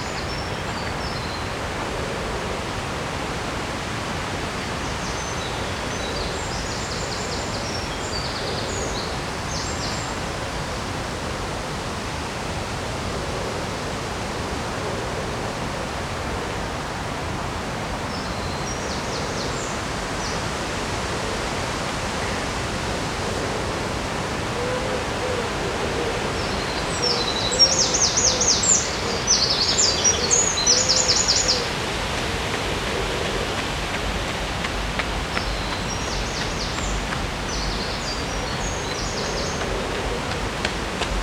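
Along the river in Odense, a steady, dense hiss of rushing water fills the whole recording without a break. Bright chirping bird calls come in short bursts, around 5–10 seconds, near 20 seconds, and most clearly from about 27 to 32 seconds and again near 37 seconds.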